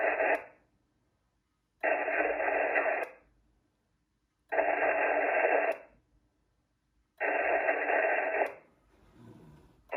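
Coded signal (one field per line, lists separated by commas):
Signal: HF data modem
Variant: VARA HF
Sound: four bursts of wide, even hiss about 1.3 seconds each, repeating every 2.7 seconds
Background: faint radio static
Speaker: second time obviously didn't work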